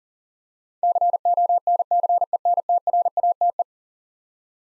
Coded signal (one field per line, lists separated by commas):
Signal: Morse code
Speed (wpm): 40 wpm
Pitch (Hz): 700 Hz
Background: none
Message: CONCENTRATE